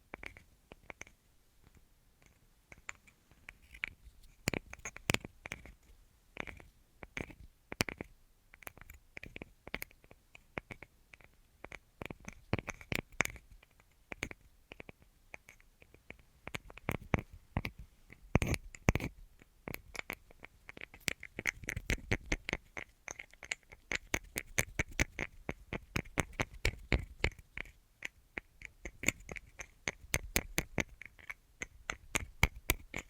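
A rapid assortment of light tapping, sharp clicks and taps coming in irregular bursts with short gaps. The taps are crisp and bright, sometimes scratchy, and grow denser and quicker after about twenty seconds, with a faint steady ringing tone underneath.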